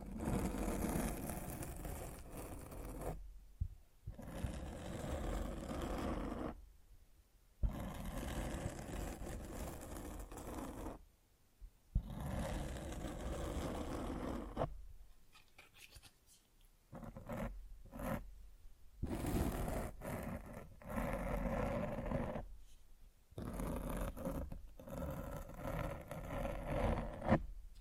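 Scratching and rubbing against a microphone, in dense, rough bursts with a strong low rumble and a gritty hiss reaching high. Clear gaps of silence fall near 4, 7, 11 and 15 seconds. After 15 seconds the scratching turns choppy, with short stop-start strokes before steadier rubbing returns.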